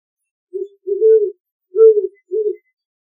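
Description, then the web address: Great horned owl hooting: a short soft hoot, two longer, stronger hoots and a final short hoot, all low and even-pitched, over about two seconds. "owls gho"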